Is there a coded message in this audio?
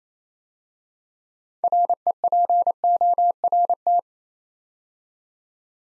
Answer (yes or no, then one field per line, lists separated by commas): yes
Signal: Morse code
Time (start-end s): 1.6-4.0 s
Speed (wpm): 28 wpm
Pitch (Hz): 700 Hz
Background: none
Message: REPORT